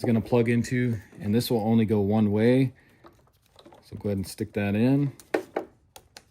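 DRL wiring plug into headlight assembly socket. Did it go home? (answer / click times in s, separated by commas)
yes / 6.0 s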